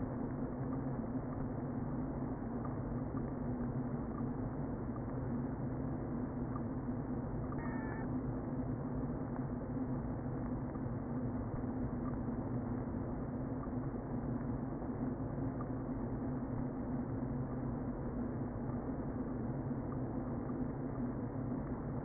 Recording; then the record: honeybee colony, microphone inside the hive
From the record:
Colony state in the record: queen present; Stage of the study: before two queens were removed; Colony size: about 60,000 bees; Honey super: yes